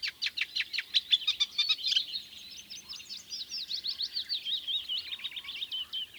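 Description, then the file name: Eurasian reed warbler song of jerky chattering notes that shifts into a run of quick, slurred, creaky chirps. "Kleinekarekiet"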